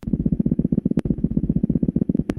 Small animals lose heat through their skin faster than big animals do, so they need to produce energy and heat at a faster pace and then redistribute it repeatedly through their body as it disperses. So they have a faster breathing and heart rate. The hummingbird at 1,000 beats per minute. Sounds like a flat tire. That's so fast. It's just constant.